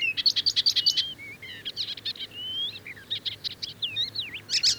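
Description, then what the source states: Icterine Warbler singing a varied, hurried medley of chattering bursts, sliding whistles and squeaky notes, phrases changing every second or so. Spring migrant arriving in Finland in late May; found in lush parks of southern and central Finland; a day singer; song mixes own motifs with mimicry of other birds, including harsh sounds.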